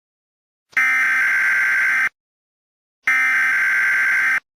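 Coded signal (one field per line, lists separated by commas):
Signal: Emergency Alert System (SAME) tones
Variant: header bursts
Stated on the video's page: Fictional EAS scenario inspired by Incredibles 2.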